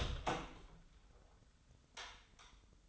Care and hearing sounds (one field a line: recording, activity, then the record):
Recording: daily activity, microphone in the room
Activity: open door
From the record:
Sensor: 3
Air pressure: 996.2 hPa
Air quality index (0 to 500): 42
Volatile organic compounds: 1 ppm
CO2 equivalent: 808 ppm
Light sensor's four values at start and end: 14/34/14/14 and 14/34/14/14